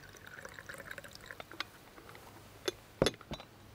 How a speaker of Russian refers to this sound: наливает в кружку чай из чайничка.